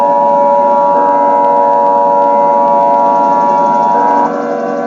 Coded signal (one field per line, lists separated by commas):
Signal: Emergency Alert System (SAME) tones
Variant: 853 and 960 Hz attention tone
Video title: EAS Scenario #3: Winnie the Pooh